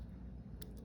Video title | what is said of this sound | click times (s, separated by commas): 2006 - 2014 Toyota Key Fob Battery Replacement | Lock it in place. We heard the snap, and now that's in. | 0.6 s